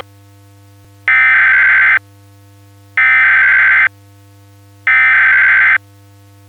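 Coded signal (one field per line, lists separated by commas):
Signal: Emergency Alert System (SAME) tones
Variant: header bursts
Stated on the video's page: Simulated EAS scenario, a Christmas special.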